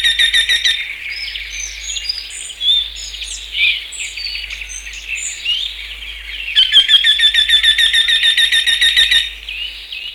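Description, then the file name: Eurasian wryneck call: two bursts of quickly repeated ringing notes, at the start and again near the end, separated by varied chirping and twittering from other birds. "vertishejjka"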